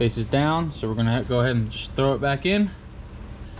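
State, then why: Not seated. A man talks while a xenon headlight bulb on an Audi Q5 is being handled to go back into the headlight housing; its plastic locking tab on the bulb holder still has to be pushed down to latch. Only speech and a faint background hum are heard. Nothing has seated or clicked yet.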